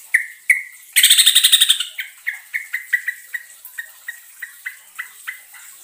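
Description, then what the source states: Bulbul giving short clipped notes repeated about four times a second, interrupted by a brief harsh chattering burst; steady high hiss in the background. Trucukan song in the ropelan style, with a long roll (ngerol panjang).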